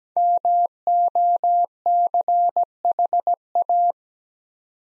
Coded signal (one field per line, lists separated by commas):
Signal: Morse code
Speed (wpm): 17 wpm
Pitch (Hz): 700 Hz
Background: none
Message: MOCHA